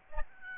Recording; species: mosquito wingbeat signal from an infrared sensor; Aedes albopictus